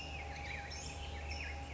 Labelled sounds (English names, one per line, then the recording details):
Black-headed Grosbeak
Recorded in Sonoma County, California